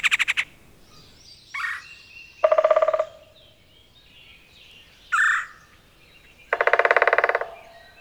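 Red-bellied woodpecker uttering rolling, burry churrs and shorter rough notes at irregular intervals, the longest churr near the end.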